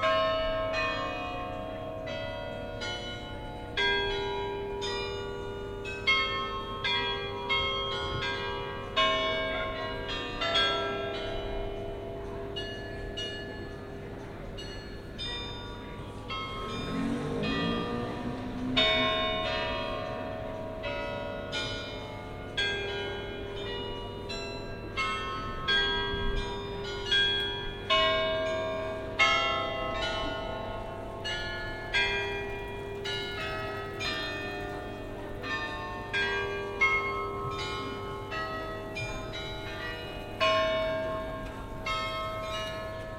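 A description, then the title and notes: A carillon plays a steady stream of bell notes, several strikes per second, with overlapping tones ringing on into each other. The bells sound bright, with a low hum underneath, and a brief rising swoop near seventeen seconds breaks the pattern. Carillon, Sint Janskerk, Gouda, Netherlands in June 2023. Stayed overnight in Gouda where I went to the market square just before 11pm.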